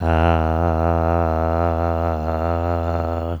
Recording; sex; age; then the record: sustained vowel /a/; male; 50 to 59 years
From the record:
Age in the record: 59 years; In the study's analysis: excluded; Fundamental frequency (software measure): 83 Hz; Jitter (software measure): 0.31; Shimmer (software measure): 1.21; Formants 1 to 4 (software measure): 682 Hz, 1308 Hz, 2654 Hz, 4134 Hz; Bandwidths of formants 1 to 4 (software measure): 88 Hz, 194 Hz, 308 Hz, 267 Hz